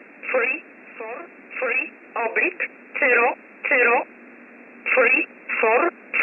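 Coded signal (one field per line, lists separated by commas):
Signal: numbers station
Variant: E11 Oblique, English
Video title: 14 07 2021 Number station E11 Oblique in English to Eu 0745 on 15720 unknown tx site in USB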